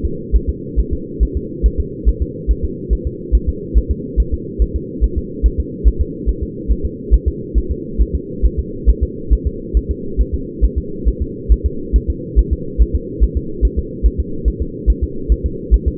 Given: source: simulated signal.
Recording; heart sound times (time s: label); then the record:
fetal heart sounds
0.05 s: S2
0.36 s: S1
0.49 s: S2
0.80 s: S1
0.93 s: S2
1.23 s: S1
1.37 s: S2
1.66 s: S1
1.80 s: S2
2.08 s: S1
2.22 s: S2
2.51 s: S1
2.65 s: S2
2.93 s: S1
3.07 s: S2
3.35 s: S1
3.49 s: S2
3.78 s: S1
3.91 s: S2
4.20 s: S1
4.34 s: S2
4.62 s: S1
4.76 s: S2
5.04 s: S1
5.18 s: S2
5.46 s: S1
5.60 s: S2
5.88 s: S1
6.01 s: S2
6.29 s: S1
6.43 s: S2
6.72 s: S1
6.85 s: S2
7.14 s: S1
7.28 s: S2
7.58 s: S1
7.72 s: S2
8.02 s: S1
8.15 s: S2
8.45 s: S1
8.59 s: S2
8.89 s: S1
9.03 s: S2
9.33 s: S1
9.47 s: S2
9.77 s: S1
9.91 s: S2
10.21 s: S1
10.34 s: S2
10.64 s: S1
10.78 s: S2
11.08 s: S1
11.22 s: S2
11.52 s: S1
11.66 s: S2
11.96 s: S1
12.10 s: S2
12.39 s: S1
12.53 s: S2
12.82 s: S1
12.95 s: S2
13.23 s: S1
13.37 s: S2
13.65 s: S1
13.79 s: S2
14.06 s: S1
14.20 s: S2
14.48 s: S1
14.62 s: S2
14.90 s: S1
15.04 s: S2
15.32 s: S1
15.46 s: S2
15.74 s: S1
15.88 s: S2
From the record:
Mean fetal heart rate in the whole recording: 140 bpm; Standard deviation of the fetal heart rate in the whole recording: 2 bpm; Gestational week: 34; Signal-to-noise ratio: -4.3 dB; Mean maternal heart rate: 72 bpm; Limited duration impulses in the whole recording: present